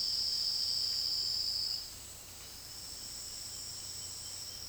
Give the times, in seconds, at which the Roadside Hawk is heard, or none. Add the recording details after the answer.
0.00-4.69. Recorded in dense forest near Puerto Asís, Putumayo, Colombia, on 18 February 2024 at 10:00. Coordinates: 0.485, -76.322. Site G6406